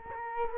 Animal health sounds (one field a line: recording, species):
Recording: mosquito wingbeat signal from an infrared sensor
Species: Culex quinquefasciatus